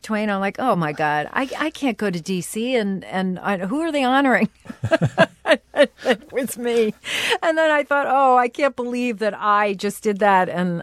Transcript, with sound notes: I'm like, oh, my God, I can't go to D.C. And who are they honoring (laughter)? And then it was me. And then I thought, oh, I can't believe that I just did that,